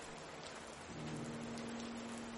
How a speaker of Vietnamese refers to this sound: Tiếng gió bị mưa làm cho lu mờ.